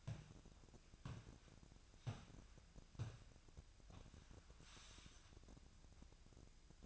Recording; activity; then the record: daily activity, microphone in the room; walk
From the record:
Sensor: 2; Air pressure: 1012.1 hPa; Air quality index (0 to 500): 171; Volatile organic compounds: 2 ppm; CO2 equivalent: 1249 ppm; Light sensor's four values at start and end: 41/110/46/51 and 39/105/44/49